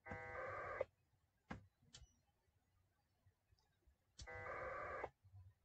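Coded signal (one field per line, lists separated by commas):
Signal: packet radio (AX.25, as in APRS)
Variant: 1200 baud AFSK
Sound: two short harsh data bursts about a second long, separated by clicks and quiet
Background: radio squelch clicks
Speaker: now we're going to initiate a connection with the dials all at 12 o'clock and see if this makes a difference and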